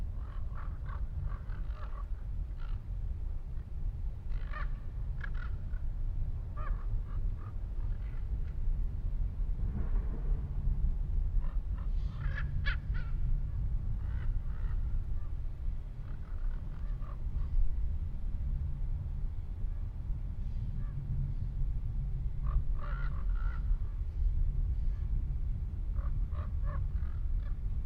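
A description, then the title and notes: Outdoor ambience in a manzanita barren: a steady, heavy low rumble like traffic or wind fills the whole recording. Short, bright bird chirps come and go every few seconds, clustering around twelve seconds and again near twenty-three seconds. Manzanita Barren - Montclair, CA. Zoom H6. Magnetic Microphone Mounts.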